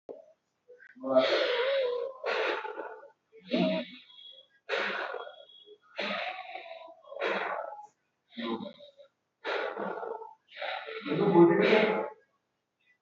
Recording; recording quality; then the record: deep breathing; moderate, slight background noise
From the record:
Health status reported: exposed to COVID-19, no respiratory illness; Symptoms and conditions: breathing difficulty, sore throat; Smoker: not ticked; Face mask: not worn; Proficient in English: yes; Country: India